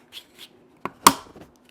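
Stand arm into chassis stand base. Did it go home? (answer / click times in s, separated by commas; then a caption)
yes / 1.1 s. A plastic stand arm from a PC case stand kit is lined up with the chassis stand base and worked in by hand. Faint rubbing and a short snap at 0.9 s lead to a loud, solid click at 1.1 s as its clips engage. The arm is seated in the base.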